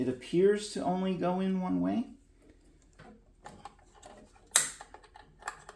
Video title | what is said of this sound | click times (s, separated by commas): Installing Heated Grips on an Ariens Deluxe 28 snowblower | There you go. Clicked right in. | 4.6 s